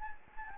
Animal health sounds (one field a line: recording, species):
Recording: mosquito wingbeat signal from an infrared sensor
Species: Anopheles gambiae